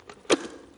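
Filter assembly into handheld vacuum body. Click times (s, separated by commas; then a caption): 0.3 s. A plastic filter or dust container part is pushed back into the body of a Hoover Jovis handheld wet and dry vacuum cleaner after being emptied. A faint tick at 0.1 s is followed by a sharp plastic click at 0.3 s with a short rattling tail. The part seats in place at 0.3 s.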